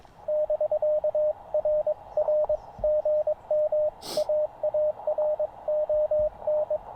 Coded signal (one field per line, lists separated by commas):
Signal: Morse code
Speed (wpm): 22 wpm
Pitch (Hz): 610 Hz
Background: radio noise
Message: <BK> RR GM AARON